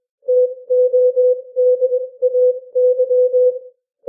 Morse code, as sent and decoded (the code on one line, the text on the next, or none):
- --- -.. .- -.--
TODAY